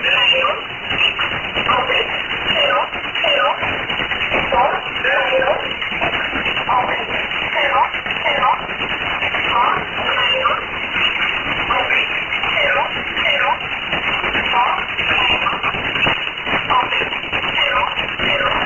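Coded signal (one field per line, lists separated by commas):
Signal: numbers station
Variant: E11 Oblique, English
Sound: a voice reading short, evenly spaced words through heavy shortwave static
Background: radio static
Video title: 02 06 2018 E11 Oblique Numbers station in English to Eu 1710 on 6480 unknown tx site in USB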